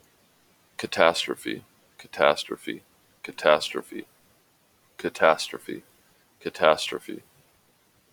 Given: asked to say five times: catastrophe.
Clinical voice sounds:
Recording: repeated word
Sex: male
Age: 30 to 39 years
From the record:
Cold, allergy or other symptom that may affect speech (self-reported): no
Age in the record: 39 years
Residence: Utah, United States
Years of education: 12

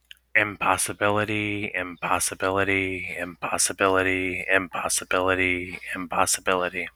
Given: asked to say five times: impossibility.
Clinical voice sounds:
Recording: repeated word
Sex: male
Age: 30 to 39 years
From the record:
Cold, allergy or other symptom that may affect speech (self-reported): no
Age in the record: 32 years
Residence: North Carolina, United States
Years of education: 16

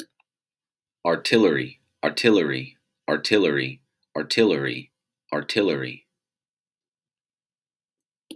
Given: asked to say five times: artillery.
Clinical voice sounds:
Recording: repeated word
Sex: male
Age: 30 to 39 years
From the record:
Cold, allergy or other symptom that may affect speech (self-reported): no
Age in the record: 36 years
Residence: Kentucky, United States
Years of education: 20

